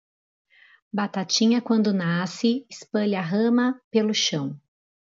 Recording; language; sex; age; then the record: short text; Brazilian Portuguese; female; 30 to 39 years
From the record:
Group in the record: control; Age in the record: 36 years